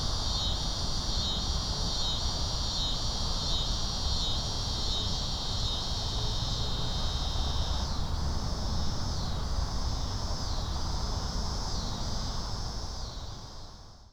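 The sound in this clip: Cicada chorus, a continuous buzz pulsing in regular waves, fading at the end, over steady low rumbling background noise.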